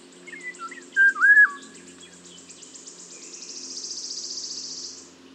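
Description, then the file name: Eurasian golden oriole giving a short, fluty whistled phrase over a long high rattling trill that swells and fades, with a low background hum. "Mathias Ritschard - Obyknovennaya ivolga Oriolus oriolus"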